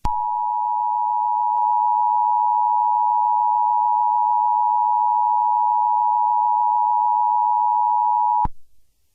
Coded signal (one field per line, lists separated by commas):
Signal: Emergency Alert System (SAME) tones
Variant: 853 and 960 Hz attention tone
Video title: EAS Scenario #2: Slenderman Rampage.